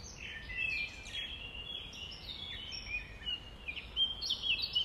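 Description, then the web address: Nightingale singing rich whistles and quick chirps over a steady low background hiss. Nightingales recorded at dawn, around 05:33 on 5 May 2020. "2020 05 06 nightingales"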